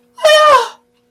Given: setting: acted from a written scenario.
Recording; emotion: vocal sound without words; negative surprise